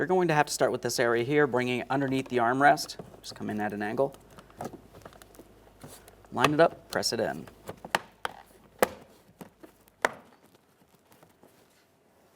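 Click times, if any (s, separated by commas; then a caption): 8.0 s, 8.2 s, 8.8 s, 10.0 s. Someone talks while the plastic door trim panel of a 2012-2015 Honda Civic front door, removed for a window regulator replacement, is angled in under the armrest, lined up and pressed against the door. Its retaining clips snap into the door with sharp clicks at 8.0, 8.3, 8.8 and 10.1 seconds, seating the panel.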